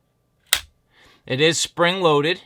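A spring-loaded polymer leg on a Magpul rifle bipod is released and snaps into its locked deployed position with a single sharp click at 0.5 s. After a short pause, someone talks.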